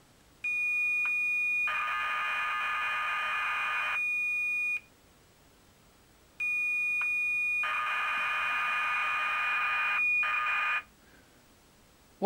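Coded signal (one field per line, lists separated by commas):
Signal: computer data on cassette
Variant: Acorn Electron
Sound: two loading bursts: high steady lead tone, then harsh rapid warbling data screech, brief pauses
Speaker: I've got some wave files it's your audio files which are rather interesting take a listen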